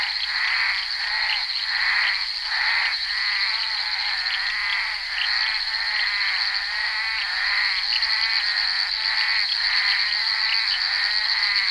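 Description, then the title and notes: Bullfrogs calling in chorus, rough pulsed croaks in rhythmic waves, with a constant shrill drone behind. Recorded during the filming of Bal poussière by Henri Duparc in February 1988. "crapaux buffle. enregistré sur le tournage Bal poussière dhenri duparc en février 1988"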